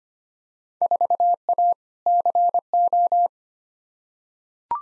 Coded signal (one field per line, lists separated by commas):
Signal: Morse code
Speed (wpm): 25 wpm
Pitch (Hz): 700 Hz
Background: none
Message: 4A CO